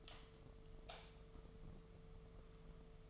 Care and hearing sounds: daily activity, microphone in the room; light off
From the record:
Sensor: 4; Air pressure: 1015.4 hPa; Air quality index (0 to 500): 168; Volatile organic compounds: 6 ppm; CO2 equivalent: 1943 ppm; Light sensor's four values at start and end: 25/59/25/26 and 27/63/27/29

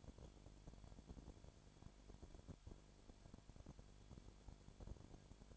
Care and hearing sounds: daily activity, microphone in the room; no activity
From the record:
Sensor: 5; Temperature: 20.2 degrees Celsius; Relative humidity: 36.5%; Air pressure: 1001.2 hPa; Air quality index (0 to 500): 177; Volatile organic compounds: 4 ppm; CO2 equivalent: 1612 ppm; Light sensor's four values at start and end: 2/3/1/1 and 2/3/1/1

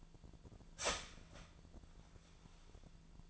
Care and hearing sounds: daily activity, microphone in the room; start toaster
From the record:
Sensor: 5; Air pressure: 1009.4 hPa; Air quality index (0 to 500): 168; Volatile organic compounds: 4 ppm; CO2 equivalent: 1624 ppm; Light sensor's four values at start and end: 85/227/91/95 and 89/236/96/101

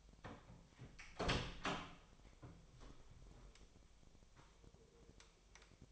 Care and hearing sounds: daily activity, microphone in the room; open door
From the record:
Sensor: 1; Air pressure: 1007.6 hPa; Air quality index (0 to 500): 193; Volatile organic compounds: 18 ppm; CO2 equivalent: 2612 ppm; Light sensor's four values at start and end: 12/31/12/14 and 13/32/13/14

